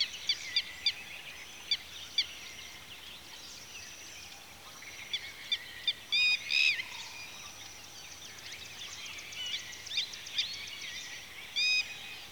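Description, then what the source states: Birds giving sharp high chirps and short trills from several callers, with louder bursts near six and twelve seconds. Birds at a watering hole in the afternoon.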